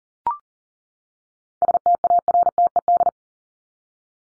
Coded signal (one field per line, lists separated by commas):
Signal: Morse code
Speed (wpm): 38 wpm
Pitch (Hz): 700 Hz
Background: none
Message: STARTED